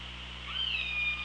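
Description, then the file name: Orca call: a single tonal, whistle-like note that rises briefly then glides slowly downward and holds, over a steady underwater hiss and low hum. Hydrophone, 24 August 2017. "Orca Lab"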